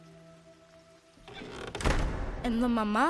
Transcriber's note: soundbite of door closing